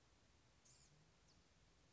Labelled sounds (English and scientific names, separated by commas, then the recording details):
Blue-gray Gnatcatcher (Polioptila caerulea)
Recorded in Sonoma County, California